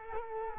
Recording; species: mosquito wingbeat signal from an infrared sensor; Culex quinquefasciatus